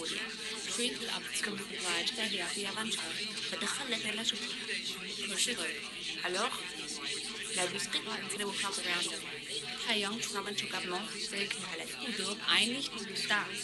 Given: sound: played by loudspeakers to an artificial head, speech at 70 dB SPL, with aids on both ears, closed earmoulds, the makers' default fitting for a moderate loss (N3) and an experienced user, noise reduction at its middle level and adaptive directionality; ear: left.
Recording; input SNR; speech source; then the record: speech test signal (ISTS) in cocktail-party noise; -6 dB; in front (0 degrees)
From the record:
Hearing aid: class 1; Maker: E